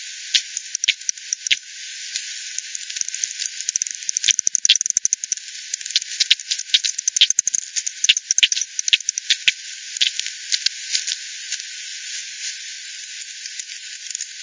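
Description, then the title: Bats produce irregular clicking, scattered ticks mixed with denser rapid runs of pulses, against a constant hiss. Multiple bats at Hogsmill River, Hogsmill Lane, 7 Oct 2020, 18:10 Z; frequency-division (FD10) recording, bandpass filtered 1500 to 7500, resampled 48 to 16 ksps. "WW bat 20201007 T 18 : 10 Z-Hogsmill-Lane-Hogsmill-River-multiple-bats-FD 10"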